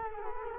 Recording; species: mosquito wingbeat signal from an infrared sensor; Culex quinquefasciatus